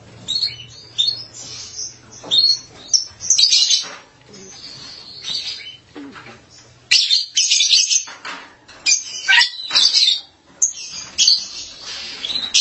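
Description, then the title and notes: Starling producing a long series of harsh, grating call bursts, some clipped and some drawn out, with a low hum through the first half. "suara burung jalak"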